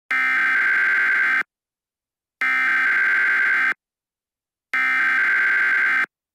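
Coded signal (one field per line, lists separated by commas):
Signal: Emergency Alert System (SAME) tones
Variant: header bursts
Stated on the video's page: Fictional EAS scenario about a Las Vegas fire, a simulated alert.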